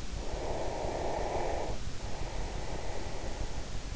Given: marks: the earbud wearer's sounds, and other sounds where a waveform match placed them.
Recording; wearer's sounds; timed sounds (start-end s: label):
sounds in sleep by an in-ear microphone; breath
0.12-3.28 s: breath